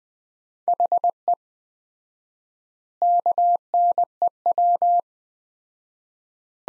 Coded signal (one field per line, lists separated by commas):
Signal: Morse code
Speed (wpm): 21 wpm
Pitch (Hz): 700 Hz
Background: none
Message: HE KNEW